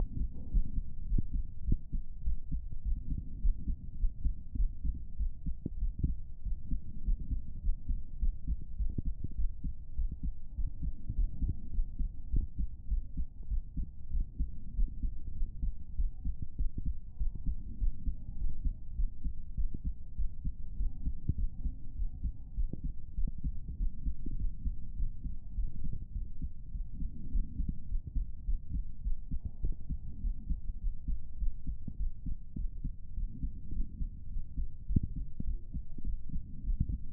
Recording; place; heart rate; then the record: heart sounds by stethoscope; pulmonary valve (PV); 103 bpm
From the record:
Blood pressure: 107/72 mmHg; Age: 23 years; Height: 163 cm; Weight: 47 kg